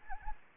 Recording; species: mosquito wingbeat signal from an infrared sensor; Anopheles gambiae